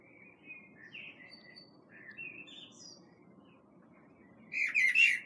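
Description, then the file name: Common blackbird singing soft, scattered fluty whistles, then ending with a loud, high, strangled twittering flourish. "Turdus merula"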